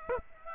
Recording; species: mosquito wingbeat signal from an infrared sensor; Aedes aegypti